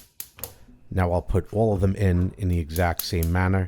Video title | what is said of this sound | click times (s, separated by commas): Bosch 800 Series Gas Stove - 1 Year Review | pushed straight down onto the stove it locks into place | 0.2 s, 0.4 s